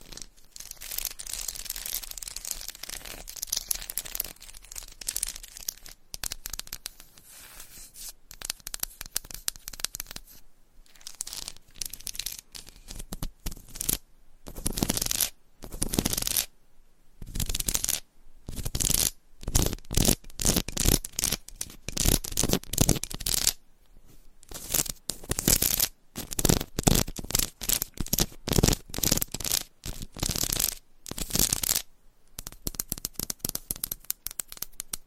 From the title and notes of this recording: ASMR Candle Scratching and Tapping Textured Candles - No Talking for Sleep with Long Nails.